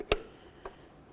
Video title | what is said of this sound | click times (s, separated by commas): How to Replace Taillight 2004-2006 Scion xB | Go ahead and press it in, listen for a click. | 0.1 s